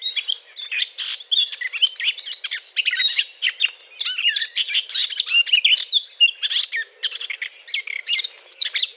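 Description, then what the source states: Eurasian blackcap song: a dense, rapid warble of scratchy chirps and bright whistled notes, running continuously with short breaks. Courtship song.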